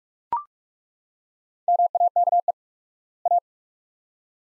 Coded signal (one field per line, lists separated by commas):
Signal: Morse code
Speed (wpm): 42 wpm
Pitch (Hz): 700 Hz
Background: none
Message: MAKE A